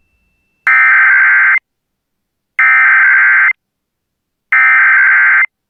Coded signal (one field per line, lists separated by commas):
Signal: Emergency Alert System (SAME) tones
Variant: header bursts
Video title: EAS Tornado Warning Northeastern Montana NOAA Weather Radio